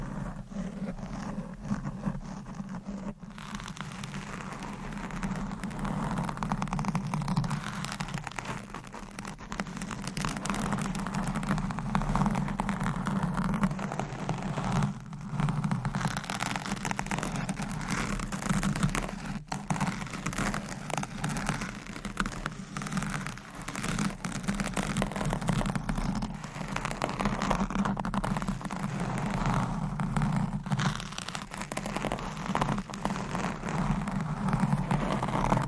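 Mic scratching runs nearly the whole time as a dense, rough rustle, strongest in the low-middle range with a steady underlying rumble. Sharp scrapes and brief dropouts break through irregularly, notably around 3, 15 and 19 seconds, and the level stays fairly even throughout.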